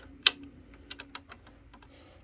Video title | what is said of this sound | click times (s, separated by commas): Ghostbusters Afterlife Plasma Series Ecto-1 Unboxing and Review | There we go. Snaps right in there. | 0.3 s